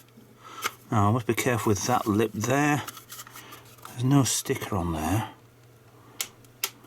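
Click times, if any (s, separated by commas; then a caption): 6.2 s, 6.6 s. The front half of a plastic Super Game Boy (Game Boy to SNES adaptor) cartridge shell is pried off while someone talks. A retaining clip lets go with sharp snaps at 6.2 s and 6.6 s, and the front of the case comes off.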